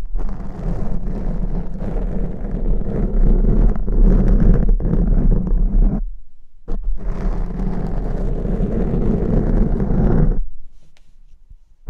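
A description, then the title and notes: Crunchy slime is squished and worked in a dense, continuous run of low, thick rumbling with crackly texture on top. It stops abruptly near six seconds, resumes briefly after a short silence, then fades out around eleven seconds. Crunchy Slime x Brain Scratching.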